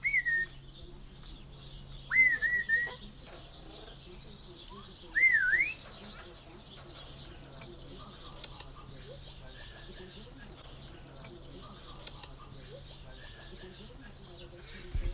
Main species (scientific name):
Psittacus erithacus